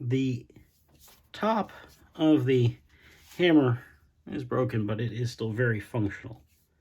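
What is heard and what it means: Someone talks while handling the steel underhammer of an antique short-barrel black powder target rifle with an inlaid silver Federal eagle; the top of the hammer is broken but still works, against a very strong spring. No mechanical sounds stand out over the speech, and the hammer has not yet clicked or locked into its cocked position in the lock mechanism.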